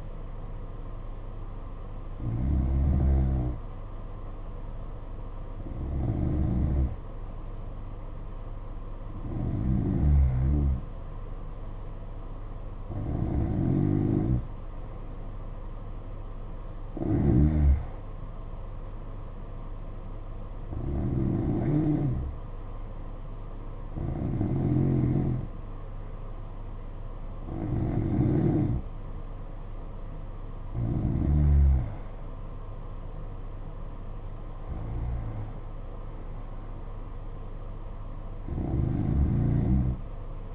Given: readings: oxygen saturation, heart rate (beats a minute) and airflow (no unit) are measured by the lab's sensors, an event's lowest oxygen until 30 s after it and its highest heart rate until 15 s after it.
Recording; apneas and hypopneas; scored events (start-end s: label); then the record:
breathing in sleep by a smartphone at the bedside; none
none scored
From the record:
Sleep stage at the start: N2 (light sleep); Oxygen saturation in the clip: 91 to 92%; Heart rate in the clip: 58 to 65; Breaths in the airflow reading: 11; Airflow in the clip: -6.4 to 6.1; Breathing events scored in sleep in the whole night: 476 in 9.7 hours asleep